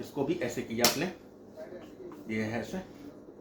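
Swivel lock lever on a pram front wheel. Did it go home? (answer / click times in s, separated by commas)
no / none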